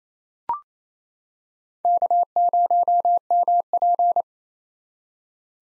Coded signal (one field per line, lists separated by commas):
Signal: Morse code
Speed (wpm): 28 wpm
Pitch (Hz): 700 Hz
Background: none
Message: K0MP